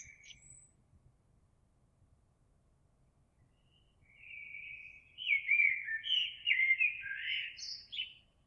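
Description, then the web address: Eurasian blackbird giving a soft opening note, a quiet pause, then a rich warbled phrase rising into high squeaky twitters. Recorded 26 April 2022. "oiseaux Merle 2022 04 26"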